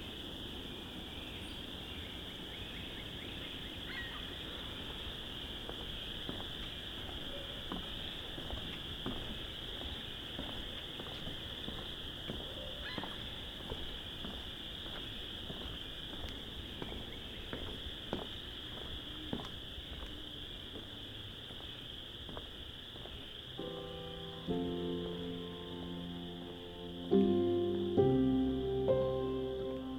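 A dusk spring walk through the Vinemount Swamp, with a steady high insect trill running the whole time over a faint low rumble. Soft footsteps and small rustles tick along irregularly. In the last few seconds, louder tonal calls and stepped sounds rise above the rest.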